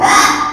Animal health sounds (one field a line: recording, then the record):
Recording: squeal of a Yucatan mini pig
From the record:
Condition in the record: after surgery on the right vocal fold (resection and tissue-engineered implant)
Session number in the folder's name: 3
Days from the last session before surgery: 33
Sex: male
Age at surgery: 12 weeks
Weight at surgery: 13 kg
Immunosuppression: cyclosporine, prednisolone